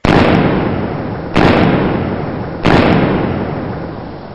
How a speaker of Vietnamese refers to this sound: Liền ba phát súng nổ rang nhanh như lửa lóe.